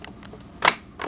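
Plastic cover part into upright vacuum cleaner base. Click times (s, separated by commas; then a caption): 0.7 s. A plastic cover part is pushed back into place on the base of a Hoover Futura upright vacuum cleaner during reassembly. A few faint ticks are heard before a sharp, loud snap at 0.7 s. The cover seats in place, and a softer clatter follows at about 1.0 s.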